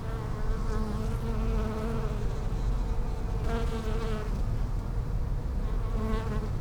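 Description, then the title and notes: Bees buzzing, several overlapping droning hums rising and fading as insects pass, with harmonic bands that swell and drop, over a low rumble. Bees in lavender in the palliative care service garden of Hôpital Brugmann, Brussels, Belgium, a peaceful spot apart from other hospital pavilions; recorded with Sony PCM-M10 internal microphones. "Hôpital Brugmann, Place Arthur Van Gehuchten, Bruxelles, Belgique - bees in the palliative care services garden. Bees in the lavender from the palliative care service's garden. Abeilles dans la lavande, jardin du service de soins palliatifs"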